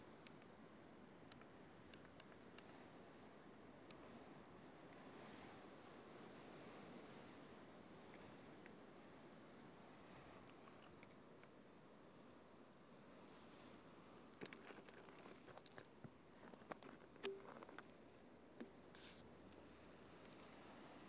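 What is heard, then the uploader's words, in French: Wind passes steadily high over the stones, a soft continuous rush with faint crackles and a cluster of brighter ticks around fifteen to nineteen seconds. Promenade dans le sud de la France, outils au poing; les bruits de l'appareil photo et de l'enregistreur s'invitent au coeur de matières sonores minérales et aériennes. Inlassablement on écoute le chant des pierres des Dentelles de Montmirail et du vent qui passe haut.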